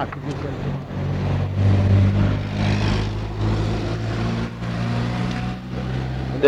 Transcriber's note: loud traffic noises